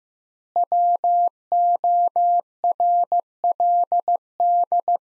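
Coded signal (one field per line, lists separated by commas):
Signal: Morse code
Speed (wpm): 15 wpm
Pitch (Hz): 700 Hz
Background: none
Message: WORLD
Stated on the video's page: Morse practice of three-word sets at 15 wpm with 3x word spacing, a Farnsworth-like method applied to words, followed by spoken answers.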